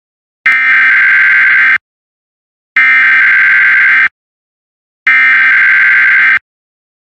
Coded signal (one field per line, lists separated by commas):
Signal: Emergency Alert System (SAME) tones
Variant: header bursts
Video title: EAS - Kenny Lake NWS Test (Requested)